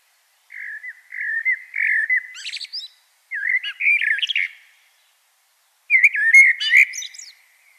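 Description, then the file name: Common blackbird singing three separate phrases, each a low, rich, whistled warble that breaks into thin, high-pitched squeaky notes. "Turdus merula"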